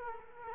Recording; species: mosquito wingbeat signal from an infrared sensor; Culex quinquefasciatus